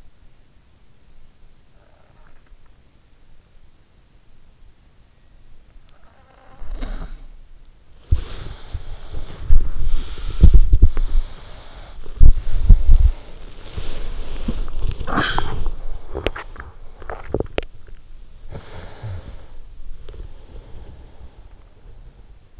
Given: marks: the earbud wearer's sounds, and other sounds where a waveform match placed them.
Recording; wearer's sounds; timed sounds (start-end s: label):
sounds in sleep by an in-ear microphone; snoring breath, body movement, breath, talking in sleep, swallowing
1.67-3.52 s: snoring breath
6.03-9.55 s: snoring breath
7.87-19.28 s: body movement
9.79-12.05 s: breath
12.63-15.96 s: breath
14.78-16.12 s: talking in sleep
16.12-17.74 s: swallowing
18.32-22.60 s: snoring breath